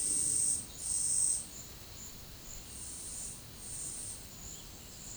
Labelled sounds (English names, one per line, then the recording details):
none
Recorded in pastures near Puerto Asís, Putumayo, Colombia, on 12 March 2025 at 11:30
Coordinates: 0.505, -76.324
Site GP08